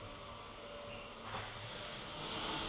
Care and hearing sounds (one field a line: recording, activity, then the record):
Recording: daily activity, microphone in the room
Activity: vacuum cleaning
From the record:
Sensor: 4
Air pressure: 1002.9 hPa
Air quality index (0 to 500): 242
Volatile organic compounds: 18 ppm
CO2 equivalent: 2631 ppm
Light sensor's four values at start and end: 5/12/4/5 and 5/11/4/5